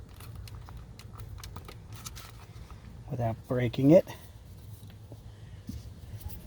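A plastic vent door linkage on the dash air vent assembly of a 2019 RAM 1500 is worked by hand onto its mount without disconnecting it, with light clicks and handling noise while someone talks. Nothing has seated or clicked into place yet when the clip ends.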